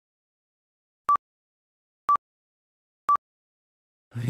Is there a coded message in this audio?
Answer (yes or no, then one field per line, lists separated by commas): no